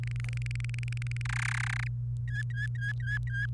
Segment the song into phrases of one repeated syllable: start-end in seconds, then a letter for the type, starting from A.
0.03-1.22 A, 1.25-1.88 B, 2.28-3.46 C